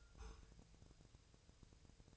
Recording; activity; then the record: daily activity, microphone in the room; take from stove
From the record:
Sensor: 2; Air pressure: 999.3 hPa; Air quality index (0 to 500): 194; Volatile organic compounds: 26 ppm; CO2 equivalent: 2870 ppm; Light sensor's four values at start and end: 6/15/6/6 and 6/15/6/6